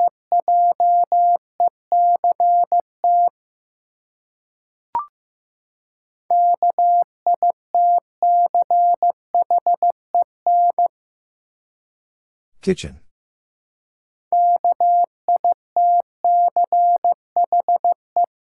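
Morse code sent as a single steady mid-pitched beep, keyed in quick runs of short and long tones. Three bursts of signalling are separated by silent gaps, one marked by a sharp click around five seconds and another by a brief rough crackle near thirteen seconds.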